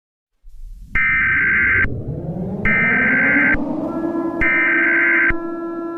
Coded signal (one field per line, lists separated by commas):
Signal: Emergency Alert System (SAME) tones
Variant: header bursts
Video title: EAS Mini Scenario - COPPA Riots